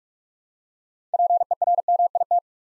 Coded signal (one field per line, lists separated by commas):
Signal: Morse code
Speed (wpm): 44 wpm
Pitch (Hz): 700 Hz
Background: none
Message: PERMIT